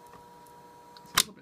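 A 3D-printed plastic shoulder that acts as a vacuum-cleaner adapter is pushed into a 3D-printed 65 mm spindle mount. It goes in a bit tight, with a steady hum and a faint tick just before 1.0 s. A sharp, bright snap at 1.2 s marks it seating, and it then stays put.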